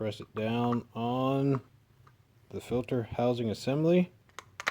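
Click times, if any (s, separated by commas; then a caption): none. Someone talks while a new cartridge oil filter element for a 2012–2013 Buick Regal GS, Verano or Regal T with the 2.0T LHU engine is handled and pressed down toward the plastic oil filter housing cap during an oil change. A few faint handling ticks come near the end. Nothing has clicked or seated yet; the clip ends just before the element snaps onto the cap.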